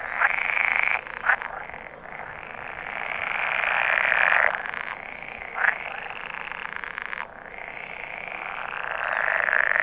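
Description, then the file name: Pool frog mating calls, a dense rattling croak chorus that swells and breaks off in bursts, with a few brief loud pulses. "poelkikker paringsroep"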